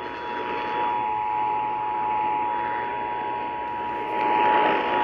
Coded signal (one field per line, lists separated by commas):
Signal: Emergency Alert System (SAME) tones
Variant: 853 and 960 Hz attention tone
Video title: NYC Required Monthly Test on WCBS-AM (EAS #385)